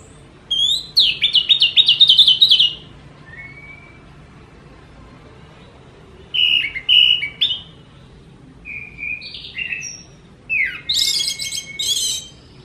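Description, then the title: Orange-headed thrush singing varied phrases, a fast trilled burst, then scattered whistles and sharp notes separated by pauses. Strongly singing champion bird. "Suara Burung Anis Merah Gacor Teler Doyorng Juara"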